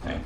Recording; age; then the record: pig call; growing-finishing pig (85 days or more)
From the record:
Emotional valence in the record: negative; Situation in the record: barren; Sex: female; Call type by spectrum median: low-frequency call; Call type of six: low-frequency stable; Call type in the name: low-frequency stable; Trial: 3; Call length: 0.26 s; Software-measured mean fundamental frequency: 41 Hz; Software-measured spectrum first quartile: 145 Hz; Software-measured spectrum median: 405 Hz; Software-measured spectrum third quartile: 1108 Hz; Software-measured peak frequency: 68 Hz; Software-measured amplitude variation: 124 dB a second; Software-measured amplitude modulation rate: 19.2 a second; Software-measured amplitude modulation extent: 6.4 dB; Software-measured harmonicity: -1.1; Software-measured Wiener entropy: -1.17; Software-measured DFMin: 520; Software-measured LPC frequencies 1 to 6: 595, 1700, 2344, 3267, 4325, 5113 Hz